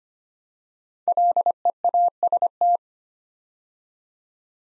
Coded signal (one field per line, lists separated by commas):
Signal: Morse code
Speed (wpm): 25 wpm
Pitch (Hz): 700 Hz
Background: none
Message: LEAST